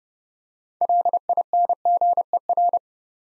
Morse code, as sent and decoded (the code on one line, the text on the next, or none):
.-.. .. -. --. . .-.
LINGER